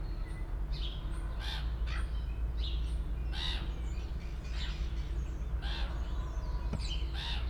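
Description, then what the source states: Gull calls, repeated harsh squawks throughout, with a deep rumble underneath. Recorded at Port Chalmers in 2018.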